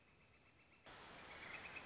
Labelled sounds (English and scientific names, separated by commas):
Northern Flicker (Colaptes auratus)